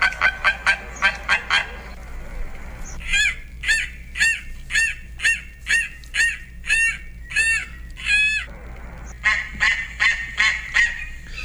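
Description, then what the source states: Steller's sea eagle giving a long series of loud, harsh, yelping calls in quick bursts, with a steady low hum underneath. Second largest eagle in the world.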